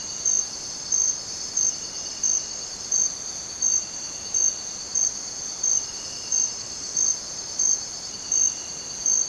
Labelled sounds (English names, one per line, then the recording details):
none
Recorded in dense forest near Puerto Asís, Putumayo, Colombia, on 29 June 2025 at 04:30
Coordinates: 0.484, -76.317
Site G045